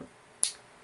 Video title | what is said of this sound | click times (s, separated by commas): 078 Jinhao 500 | can do it with one hand cause you know nice little click | 0.4 s